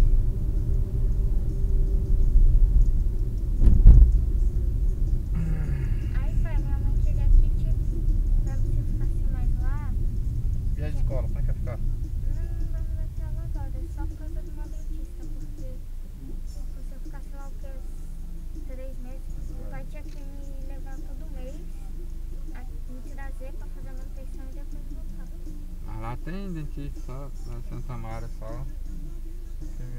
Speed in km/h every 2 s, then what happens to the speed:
37, 36, 33, 30, 27, 20, 6, 0, 0, 0, 0, 0, 0, 0, 0.
0-13 slows to 0. 13-30 standing.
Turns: none.